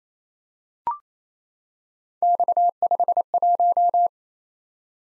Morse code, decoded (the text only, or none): X51